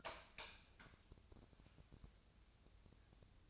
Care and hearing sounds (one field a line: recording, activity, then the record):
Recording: daily activity, microphone in the room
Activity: light on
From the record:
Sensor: 2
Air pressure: 999.9 hPa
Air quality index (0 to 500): 118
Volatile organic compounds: 2 ppm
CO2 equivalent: 1017 ppm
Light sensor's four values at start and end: 29/72/31/34 and 32/82/35/39